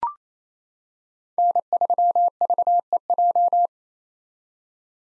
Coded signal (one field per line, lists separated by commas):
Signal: Morse code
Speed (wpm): 27 wpm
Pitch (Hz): 700 Hz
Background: none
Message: N3VEJ